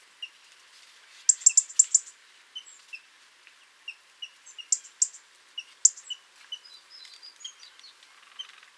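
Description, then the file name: European robin giving scattered soft ticks and several sharp, very high bursts, some clustered quickly together, others single and spaced apart. "Erithacus rubecula"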